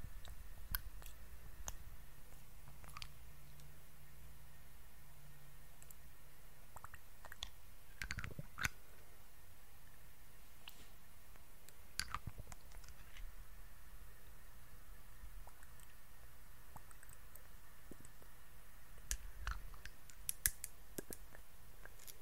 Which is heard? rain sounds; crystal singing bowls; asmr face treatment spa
asmr face treatment spa